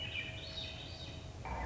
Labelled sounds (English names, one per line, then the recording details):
Swainson's Thrush
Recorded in Sonoma County, California